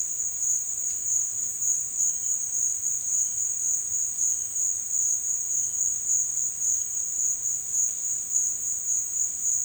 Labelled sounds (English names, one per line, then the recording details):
none
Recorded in dense forest near Puerto Asís, Putumayo, Colombia, on 8 March 2025 at 16:00
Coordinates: 0.484, -76.317
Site G064